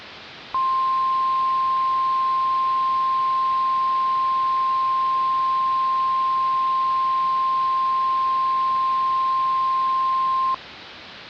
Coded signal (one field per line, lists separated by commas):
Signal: Emergency Alert System (SAME) tones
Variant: 1050 Hz attention tone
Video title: EAS Scenario #1: Vapors.